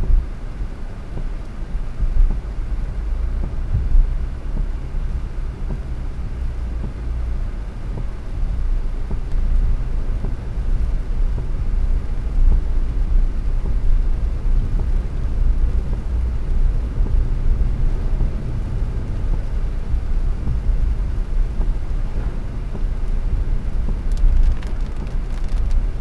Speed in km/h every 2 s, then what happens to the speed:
53, 56, 61, 62, 58, 58, 64, 66, 69, 70, 68, 65, 62.
0-4 speeds up to 61. 4-10 steady at about 58. 10-17 speeds up to 70. 17-26 slows to 62.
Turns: none.